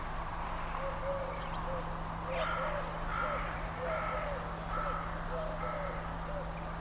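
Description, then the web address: Bird calls: brief whistled notes at two pitches, a higher and a lower voice repeating every second or so, over a steady low hum. "cianscape birddata 2025 Bird Only"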